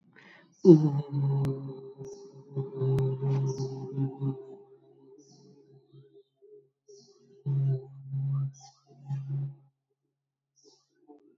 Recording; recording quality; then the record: sustained vowel as in boot; moderate, slight background noise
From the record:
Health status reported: COVID-19 positive, mild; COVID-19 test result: positive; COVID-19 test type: RT-PCR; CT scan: not taken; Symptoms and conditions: cough, cold, fever, fatigue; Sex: male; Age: 23 years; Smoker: no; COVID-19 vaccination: both doses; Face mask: not worn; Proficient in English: yes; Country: India